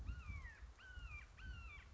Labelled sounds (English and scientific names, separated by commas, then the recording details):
Red-shouldered Hawk (Buteo lineatus)
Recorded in Sonoma County, California